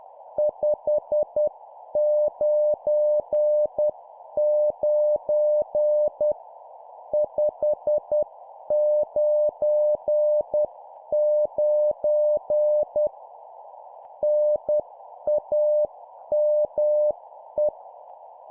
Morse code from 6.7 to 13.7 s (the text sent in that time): 599